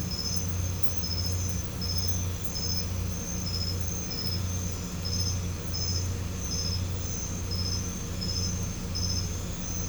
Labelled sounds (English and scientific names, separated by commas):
none